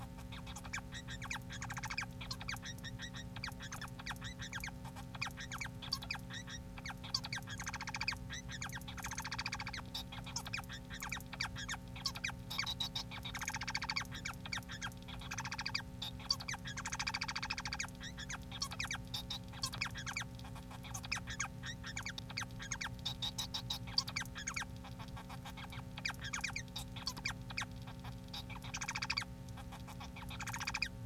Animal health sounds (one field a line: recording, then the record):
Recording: song of a male Bengalese finch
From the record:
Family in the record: son of father 4